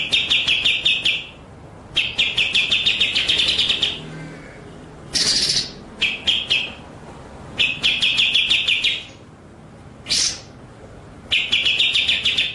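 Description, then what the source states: White-rumped shama song with repeated rapid rolling trills of clipped notes, alternating with short loud harsh rasping bursts, phrases recurring every few seconds. Masteran training track of rolling (ngerol) and sharp, shooting (nembak) song.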